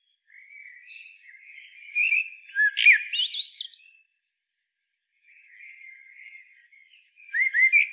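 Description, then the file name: Common blackbird singing a soft, low warble that rises into a loud burst of squeaky, chattering twitters, then a quiet gap and another fluted phrase starting up. "Turdus merula"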